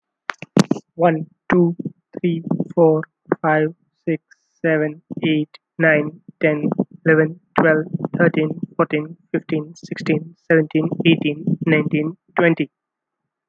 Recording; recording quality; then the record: counting at a normal pace; excellent, no background noise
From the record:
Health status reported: healthy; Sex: male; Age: 29 years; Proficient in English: yes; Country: India